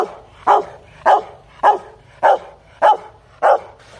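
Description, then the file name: Dog barking in an even rhythm, six sharp, punchy barks spaced a little over half a second apart. Dog barking fiercely. "Tieng cho sua hung du"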